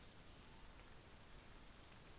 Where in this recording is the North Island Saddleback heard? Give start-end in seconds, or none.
none